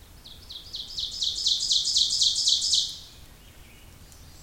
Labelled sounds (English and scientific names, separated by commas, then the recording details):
Ovenbird (Seiurus aurocapilla) song
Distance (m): 15 m
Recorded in boreal forest in Alberta, Canada, on 26 May 2016 at 07:48
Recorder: SongMeter 3, array SBT-3-15
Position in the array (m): 53 m, 221 m
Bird 20